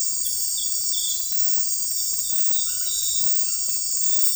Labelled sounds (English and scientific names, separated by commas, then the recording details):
none
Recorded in dense forest near Puerto Asís, Putumayo, Colombia, on 20 February 2024 at 04:00
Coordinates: 0.484, -76.317
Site G6464